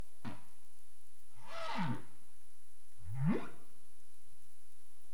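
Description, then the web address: Humpback whale song units: a brief low pulse, then a descending sweep and a rising upsweep, each under a second long, over steady low underwater noise. Recorded 27 April 2035 at 21:53:31 UTC. "CARIMAM. humpback whale 20350427 215331 UTC"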